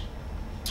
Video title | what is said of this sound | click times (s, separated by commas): O’Pros Belt Clip Rod Holder for Fly and Spinning Rods | again slide it up to unlock it | 0.7 s